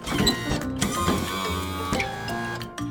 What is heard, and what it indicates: It's a wheelchair that's moved by a motor. There's often a joystick or a controller on the arm of the chair, and the person sitting in the chair uses it to steer where they're going.